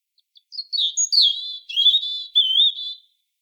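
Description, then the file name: European robin song, a liquid run of high warbling notes that slide up and down and end in a wavering whistle, clean with no other sounds. "Erithacus rubecula"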